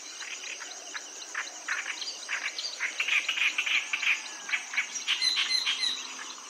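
Clamorous reed warbler song: rapid series of grating, chattering notes building in intensity toward the end, set against a constant high-pitched insect hum.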